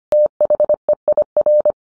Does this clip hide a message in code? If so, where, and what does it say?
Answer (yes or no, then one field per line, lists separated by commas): yes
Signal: Morse code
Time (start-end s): 0.1-1.7 s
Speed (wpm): 25 wpm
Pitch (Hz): 600 Hz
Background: none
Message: THEIR